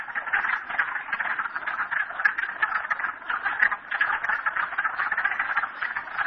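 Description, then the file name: Frogs chorusing with dense overlapping trills, a constant buzzy rattle with brief louder bursts. Recorded at Merryspring. "frogs merryspring 42008"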